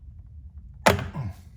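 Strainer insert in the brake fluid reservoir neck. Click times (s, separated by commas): 0.9 s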